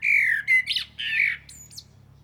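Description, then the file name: Common blackbird calls: a loud, harsh squawking series of slurred notes around mid pitch, followed by thin high squeaky notes. "Turdus merula"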